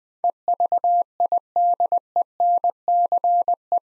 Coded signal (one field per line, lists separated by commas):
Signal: Morse code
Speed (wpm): 20 wpm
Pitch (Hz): 700 Hz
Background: none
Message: EVIDENCE